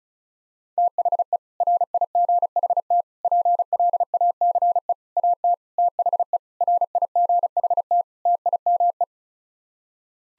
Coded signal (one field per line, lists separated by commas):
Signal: Morse code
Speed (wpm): 36 wpm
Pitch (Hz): 700 Hz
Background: none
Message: THE RIGHT PLACE AT THE RIGHT TIME